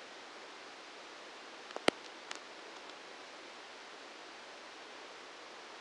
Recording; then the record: brain microelectrode recording played as sound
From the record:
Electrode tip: outside the subthalamic nucleus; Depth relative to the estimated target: -10 mm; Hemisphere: right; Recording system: NeuroSet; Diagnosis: Parkinson's disease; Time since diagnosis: 13 years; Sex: male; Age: 66 years